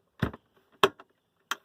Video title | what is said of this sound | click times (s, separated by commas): 12v refrigerator for Van Life 😁 | really pushes down really nice and tight and latches and locks in place | 0.8 s, 1.5 s